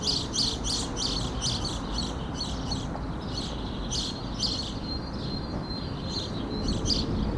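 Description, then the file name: House sparrow calls, quick bursts of harsh chirps that come in clusters, pause, then resume, over constant low background noise. "Passer domesticus"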